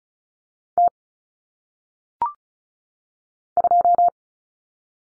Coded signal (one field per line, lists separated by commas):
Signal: Morse code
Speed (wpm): 36 wpm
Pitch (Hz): 700 Hz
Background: none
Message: T 2